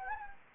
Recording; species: mosquito wingbeat signal from an infrared sensor; Anopheles gambiae